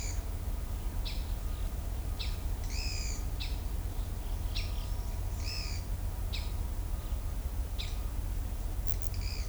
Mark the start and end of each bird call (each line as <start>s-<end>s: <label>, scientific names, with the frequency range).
0.99s-1.23s: Dendroplex picus (1.9-8.2 kHz)
2.17s-2.35s: Dendroplex picus (1.7-8.1 kHz)
2.63s-3.21s: Atalotriccus pilaris (1.7-8.0 kHz)
3.36s-4.85s: Dendroplex picus (1.7-8.4 kHz)
5.33s-5.83s: Atalotriccus pilaris (1.8-8.0 kHz)
6.26s-6.52s: Dendroplex picus (1.9-8.1 kHz)
7.70s-8.01s: Dendroplex picus (1.6-7.9 kHz)
9.14s-9.48s: Atalotriccus pilaris (1.9-7.6 kHz)